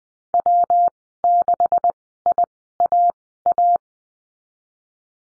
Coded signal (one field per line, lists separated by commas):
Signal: Morse code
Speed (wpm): 20 wpm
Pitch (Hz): 700 Hz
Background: none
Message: W6IAA